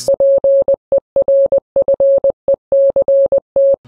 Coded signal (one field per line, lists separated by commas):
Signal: Morse code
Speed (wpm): 20 wpm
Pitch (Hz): 550 Hz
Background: none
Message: PERFECT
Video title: Learning Morse Code In 7 Days - Self Experiment (5 WPM)